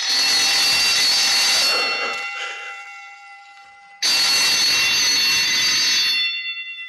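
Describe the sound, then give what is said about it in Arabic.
A loud electric exam bell rings steadily for about two seconds, trails off, then starts ringing again just as harshly and continues to the end. The tone is shrill and metallic, with no voices. “ما سمعتش جرس الامتحان؟”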